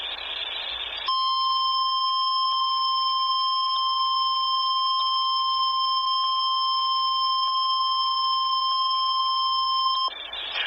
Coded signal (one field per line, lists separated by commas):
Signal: Emergency Alert System (SAME) tones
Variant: 1050 Hz attention tone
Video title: EAS (Double Header) Hurricane Watch Hawaii NOAA Weather Radio (Hurricane Douglas)